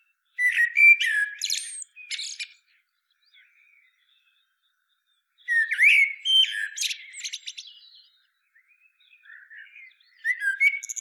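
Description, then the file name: Common blackbird sings fluted, slurred phrases, each breaking into high squeaky twitters, with gaps of near silence between them. "Turdus merula"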